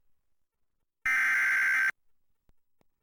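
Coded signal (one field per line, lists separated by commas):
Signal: Emergency Alert System (SAME) tones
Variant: header bursts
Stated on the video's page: Aired by a broadcast TV station during a baseball game telecast, accompanying the first pitch.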